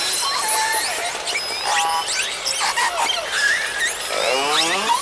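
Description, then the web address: Orca: killer whales giving a busy mix of overlapping calls: squeaky whistles, pulsed buzzy tones and rapid clicks, several callers at once with no pause. Southern resident killer whales gathered in a superpod. "SRKW call-catalog Orca Calls superpod"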